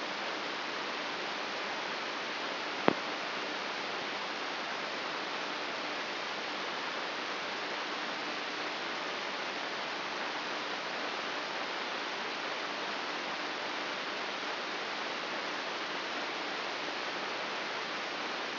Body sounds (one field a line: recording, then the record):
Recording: brain microelectrode recording played as sound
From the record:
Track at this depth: inside the subthalamic nucleus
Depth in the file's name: 6.016 mm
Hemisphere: left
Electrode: 2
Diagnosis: Parkinson's disease